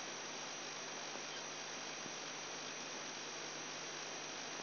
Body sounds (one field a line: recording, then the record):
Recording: brain microelectrode recording played as sound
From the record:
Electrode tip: outside the subthalamic nucleus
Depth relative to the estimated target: -4 mm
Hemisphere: right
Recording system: AlphaMap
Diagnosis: Parkinson's disease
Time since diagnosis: 10 years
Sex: male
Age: 58 years